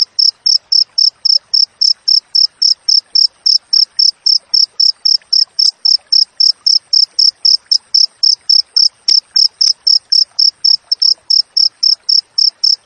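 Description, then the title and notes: Cricket singing a sustained sequence of quick, shrill chirps, about four a second, steady from start to finish. Natural cricket chirping with tightly spaced pauses, used as master audio for training songbirds and for repelling rats. "Masteran Jangkrik Alam Jernih, Jeda Rapat Cocok Untuk Masteran Burung Dan Mengusir Tikus. suara jangkrik"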